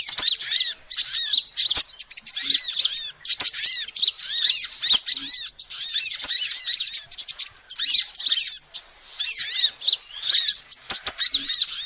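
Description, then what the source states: Lovebird chattering: rapid high-pitched squeaks and twitters in sustained bursts, brief gaps, occasional clicking sounds. Lovebird calls used as a lure to trap birds.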